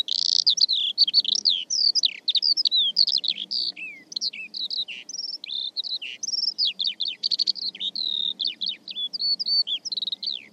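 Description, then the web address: Bird song: a rapid, continuous stream of varied chirps, trills and whistled slurs, tumbling on without pause, over a soft low rumble. "Deverinetal"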